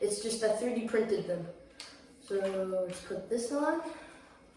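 Someone talks while a Lego motor is handled and fitted onto the smaller 3D-printed gear of a Lego winch. No click is heard, and the motor has not snapped into place yet.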